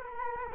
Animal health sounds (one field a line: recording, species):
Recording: mosquito wingbeat signal from an infrared sensor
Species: Culex quinquefasciatus